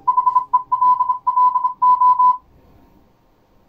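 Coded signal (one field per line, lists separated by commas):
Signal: Morse code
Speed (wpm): 27 wpm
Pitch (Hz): 1000 Hz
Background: none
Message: HELLO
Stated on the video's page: Morse heard on an Arduino-based decoder and trainer, demonstrated in decoding and practice-trainer modes.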